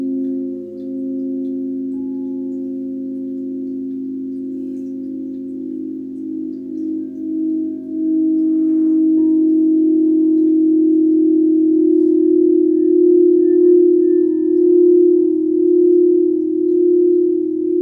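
A singing bowl rings in a sound bath, its deep, warm tone sustained and slowly pulsing as it wavers. Around eight seconds a light strike or rub adds a brief brighter shimmer, and the hum then swells slightly louder and keeps beating steadily to the end.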